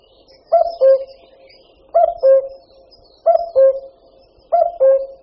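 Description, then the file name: Common cuckoo giving its familiar falling two-note cuckoo call four times, evenly spaced about every 1.3 seconds, with faint other birds behind. "Kukačka-obecná"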